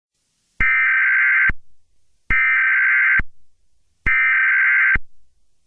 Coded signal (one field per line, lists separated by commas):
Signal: Emergency Alert System (SAME) tones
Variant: header bursts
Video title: 9-29 EAS Scenario